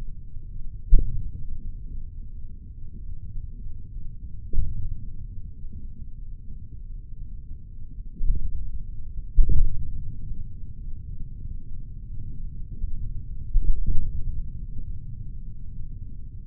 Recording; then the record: forearm muscle sounds (acoustic myography)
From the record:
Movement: hand opening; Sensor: system 3, bracelet of six PUI Audio POM-2738L microphones around the upper forearm, with dedicated amplification and filtering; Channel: 2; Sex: male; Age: 56 years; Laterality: right